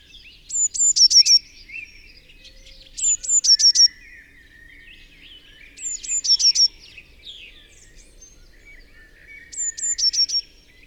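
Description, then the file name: Eurasian blue tit repeating its phrase four times, two sharp high whistles then a short trill, about every three seconds, with soft chatter of other birds behind. "Cyanistes caeruleus"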